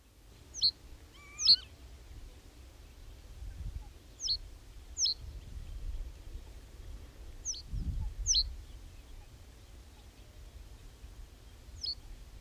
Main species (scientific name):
Emberiza schoeniclus